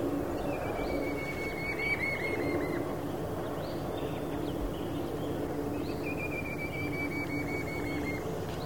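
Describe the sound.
Red-billed scythebill song: a long, slightly descending series of rapid whistled notes, given twice about five seconds apart, over steady low rumbling background noise.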